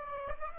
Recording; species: mosquito wingbeat signal from an infrared sensor; Aedes aegypti